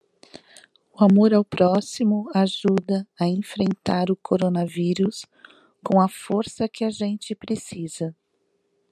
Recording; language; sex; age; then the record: spoken sentence; Brazilian Portuguese; female; 50 to 59 years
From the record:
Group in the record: control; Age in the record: 53 years